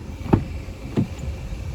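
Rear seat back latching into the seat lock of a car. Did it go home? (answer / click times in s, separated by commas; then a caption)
yes / 0.3 s. The rear seat back of an MG HS 1.5 T-GDI Exclusive Euro 6 (s/s) car is moved into place and latches into the seat lock with a sharp click at 0.3 s, followed by a softer knock at about 1.0 s. The seat back is locked in its position and can only be released with the lever.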